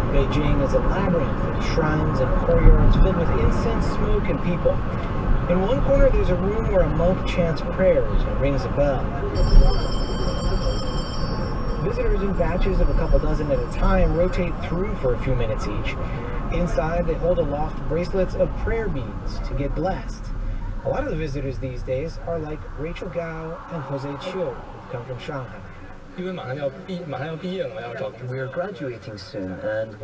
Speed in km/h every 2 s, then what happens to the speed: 63, 63, 63, 63, 60, 58, 56, 52, 40, 24, 15, 0, 0, 0, 0.
0-6 steady at about 63. 6-22 brakes to 0. 22-30 standing.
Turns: none.